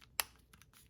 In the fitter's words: No. Just snaps back in.